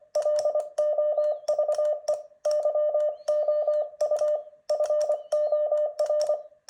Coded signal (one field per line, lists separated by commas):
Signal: Morse code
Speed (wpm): 25 wpm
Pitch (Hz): 600 Hz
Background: none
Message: LOVE YOU FOR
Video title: Let's enjoy Morse code! #モールス #morse #モールス信号 #morsecode #athousandyears #christinaperri